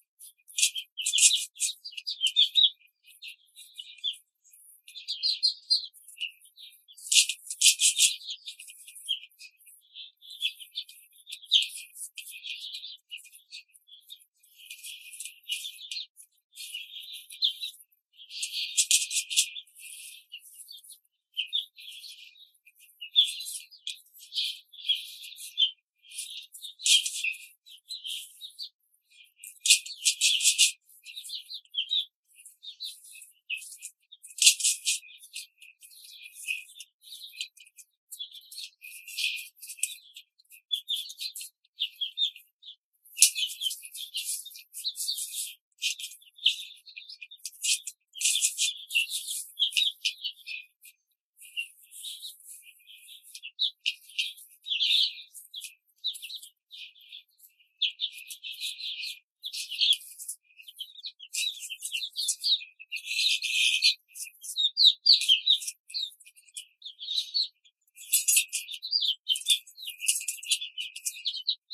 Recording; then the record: young laying hens in a cage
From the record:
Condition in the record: control cage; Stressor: none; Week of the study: 5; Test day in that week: 1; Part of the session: 4